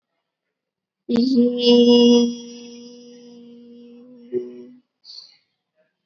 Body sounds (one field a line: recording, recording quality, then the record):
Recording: sustained vowel as in beet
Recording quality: excellent, no background noise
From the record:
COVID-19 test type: RT-PCR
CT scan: not taken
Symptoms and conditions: cough, sore throat, another condition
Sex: female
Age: 22 years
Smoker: no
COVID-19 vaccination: both doses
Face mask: worn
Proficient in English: yes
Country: India